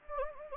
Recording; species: mosquito wingbeat signal from an infrared sensor; Anopheles gambiae